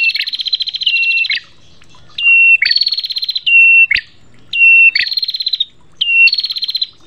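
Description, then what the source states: Prinia giving four rapid rattling trills alternating with short level whistled notes, with brief pauses between. Bird song used for training other birds to sing (masteran, terapi); local name prenjak.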